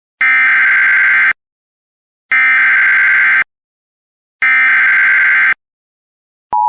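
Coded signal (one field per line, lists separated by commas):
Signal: Emergency Alert System (SAME) tones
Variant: header bursts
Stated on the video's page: Mock recreation of a flash flood warning.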